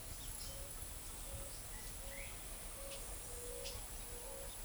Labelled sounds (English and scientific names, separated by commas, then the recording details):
Eared Dove (Zenaida auriculata)
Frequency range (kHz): Eared Dove (Zenaida auriculata) 0.5-0.7 kHz
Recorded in forest near Pivijay, Magdalena, Colombia, on 1 June 2023 at 08:30
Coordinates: 10.467, -74.380
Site Z5-G034